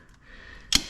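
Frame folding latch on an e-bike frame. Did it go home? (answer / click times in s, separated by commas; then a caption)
yes / 0.8 s. The folding frame latch on a Lectric XP Lite e-bike is hooked onto its catch screw and pressed closed. After a quiet lead-in, one sharp, bright click sounds at 0.8 s. The latch is seated.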